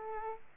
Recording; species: mosquito wingbeat signal from an infrared sensor; Aedes aegypti